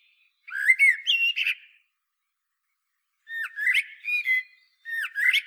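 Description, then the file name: Common blackbird singing a short, rich warbled phrase with scratchy high ending, then after a pause a longer series of fluty, slurred notes. "Turdus merula"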